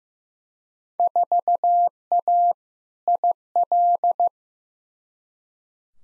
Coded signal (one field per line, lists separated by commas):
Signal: Morse code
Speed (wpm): 16 wpm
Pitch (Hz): 700 Hz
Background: none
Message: 4A IL